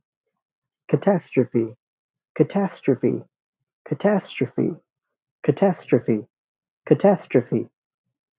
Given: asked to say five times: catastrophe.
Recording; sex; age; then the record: repeated word; male; 30 to 39 years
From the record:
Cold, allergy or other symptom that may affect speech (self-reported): no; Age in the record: 34 years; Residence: Nebraska, United States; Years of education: 20